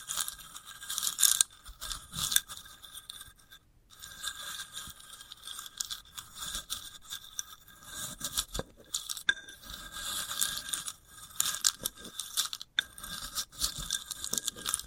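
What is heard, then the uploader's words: Dry scratching and crinkly scraping on a sunflower head, bursts of crisp rustle with brief silent gaps near four, nine and thirteen seconds. ASMR of a Sunflower Head (No Talking).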